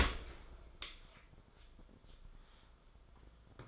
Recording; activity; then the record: daily activity, microphone in the room; open dishwasher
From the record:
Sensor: 5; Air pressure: 994.5 hPa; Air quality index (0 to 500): 195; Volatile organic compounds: 1000 ppm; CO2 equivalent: 5749 ppm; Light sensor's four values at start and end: 52/154/61/67 and 52/155/61/68